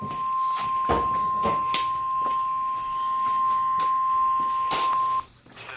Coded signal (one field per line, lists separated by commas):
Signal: Emergency Alert System (SAME) tones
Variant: 1050 Hz attention tone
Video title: (LOST EAS) - Severe Thunderstorm Warning (from 11-5-2017)